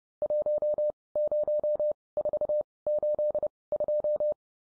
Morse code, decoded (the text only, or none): 10482